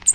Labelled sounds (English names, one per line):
American Redstart flight call